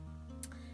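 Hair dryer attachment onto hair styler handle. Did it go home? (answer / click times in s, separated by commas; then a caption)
yes / 0.4 s. A Dyson Airwrap hair dryer attachment has its pins pushed into the four holes on the styler handle until it locks in place, so it will not come off unless the unlock button is pressed. Over steady background music, a sharp click sounds at 0.4 s, followed by a fainter tick at 0.5 s, as the attachment seats.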